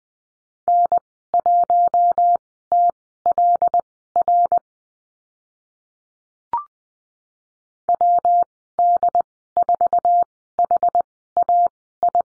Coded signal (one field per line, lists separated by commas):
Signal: Morse code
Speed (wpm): 20 wpm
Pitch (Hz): 700 Hz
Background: none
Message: N1TLR WD4HAI